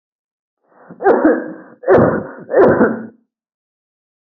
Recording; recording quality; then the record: heavy voluntary cough; excellent, no background noise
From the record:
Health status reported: healthy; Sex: male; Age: 37 years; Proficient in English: yes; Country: India